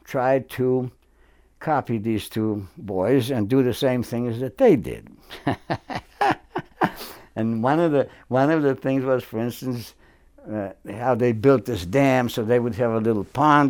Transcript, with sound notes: try to copy these two boys and do the same things that they did. [Chuckles] And one of the—one of the things was, for instance, how they built this dam so they would have a little pond.